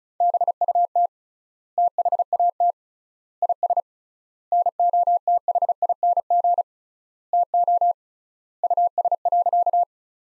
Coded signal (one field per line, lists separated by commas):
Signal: Morse code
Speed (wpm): 36 wpm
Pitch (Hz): 700 Hz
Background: none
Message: BUT THAT IS NOTHING TO US.